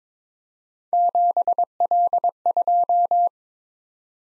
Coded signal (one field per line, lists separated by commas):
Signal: Morse code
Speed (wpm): 22 wpm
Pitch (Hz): 700 Hz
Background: none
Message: 7L2